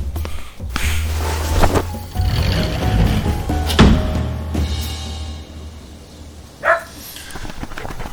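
dog barking

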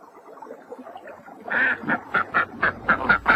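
duck quacking

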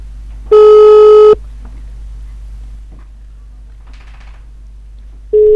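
outgoing phone call ringing

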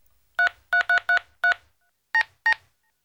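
telephone keypad dialing tones

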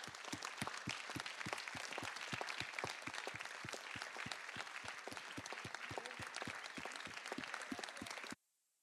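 audience applause

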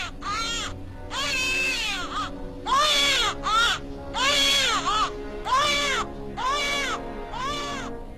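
newborn baby crying

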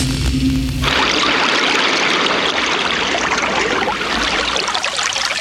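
running water

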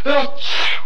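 sneeze

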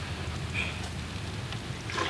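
rain falling

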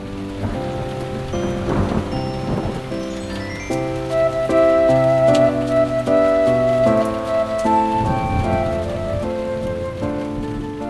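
rain falling

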